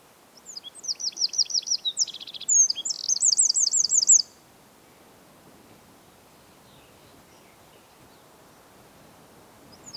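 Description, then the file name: Eurasian wren delivering one loud, rapid high-pitched song of about three and a half seconds with chips, a rattle and trills, followed by quiet background. "Troglodytes troglodytes"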